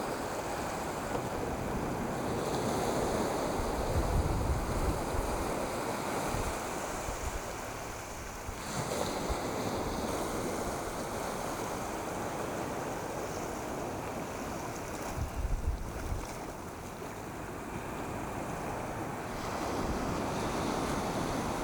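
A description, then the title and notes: Surf rolls in steadily at a beach, a dense wash of breaking waves with a deep rumble that swells around four seconds and again near fifteen seconds. Wind gusts buffet the microphone throughout, adding low thuds under the hiss of the water. Nairn Beach Notes. Earlier to the beach today.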